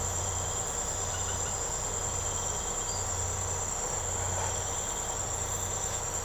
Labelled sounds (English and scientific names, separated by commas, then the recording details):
none
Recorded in secondary vegetation near Puerto Asís, Putumayo, Colombia, on 13 March 2025 at 03:30
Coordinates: 0.468, -76.324
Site G059